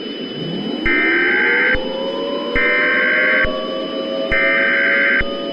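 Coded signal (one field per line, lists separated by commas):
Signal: Emergency Alert System (SAME) tones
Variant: header bursts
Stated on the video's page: Fictional EAS scenario of a cataclysmic Nibiru planetary impact at New Year.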